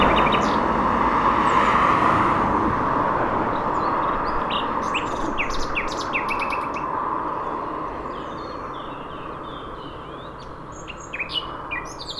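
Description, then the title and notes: Nightingale song of short repeated notes and clipped phrases breaking through a loud roar of passing traffic that fades throughout. Singing from a bush between a railway line and the shore of Lac du Bourget, Entrelacs, France, unbothered by passing trains; road traffic on the RD991 left in the recording. "2 D991, 73410 Entrelacs, France - Rossignol ferroviaire. Un rossignol chante dans un buisson entre la voie ferrée et les bords du lac du Bourget nullement effrayé par les passages de trains. Circulation des véhicules,sur la RD991"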